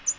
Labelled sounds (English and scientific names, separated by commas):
American Redstart (Setophaga ruticilla) flight call